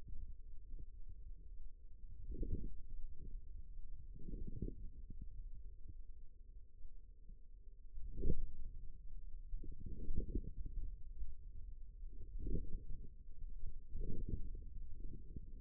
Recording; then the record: forearm muscle sounds (acoustic myography)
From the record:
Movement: outward rotation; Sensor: system 2, bracelet of six BSWA MPA416 microphones around the upper forearm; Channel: 3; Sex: male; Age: 22 years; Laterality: right